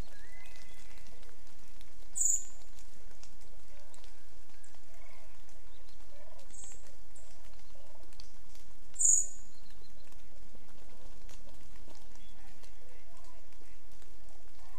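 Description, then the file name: Eurasian blackbird uttering two sharp, high thin call notes about seven seconds apart over constant background hiss and faint chirps from other birds. "Turdus merula"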